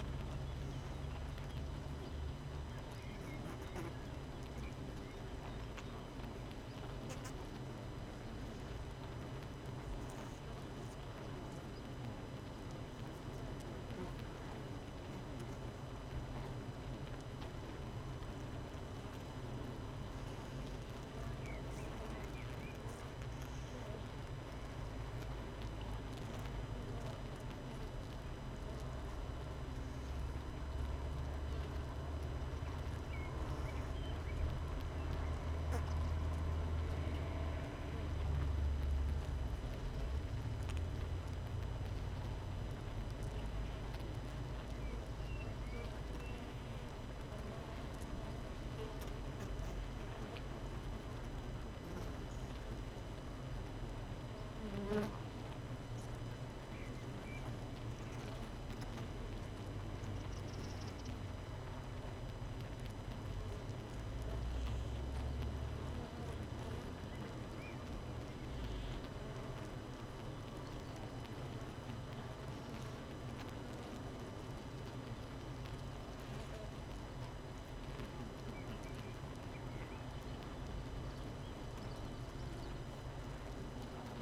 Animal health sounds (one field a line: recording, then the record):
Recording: honeybee colony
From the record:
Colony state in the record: missing queen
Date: 31 May 2018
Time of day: 7:00